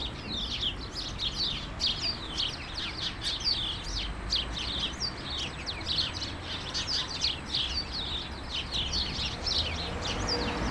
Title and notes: urbanstraße: spatzen in einer hecke - the city, the country & me: sparrows in a hedge. unzählige spatzen, angelockt von meisenknödeln, die von anwohnern in einer hecke angebracht wurden. january 17, 2009